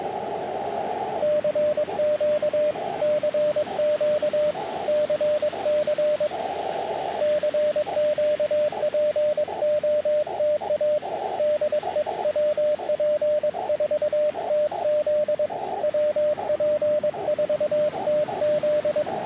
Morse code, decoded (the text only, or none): CQ CQ CC CQ POTA DE WP4TZ WP4TZ